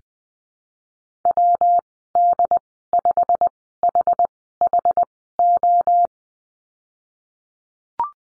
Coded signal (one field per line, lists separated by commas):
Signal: Morse code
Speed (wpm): 21 wpm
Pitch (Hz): 700 Hz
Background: none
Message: WD5HHO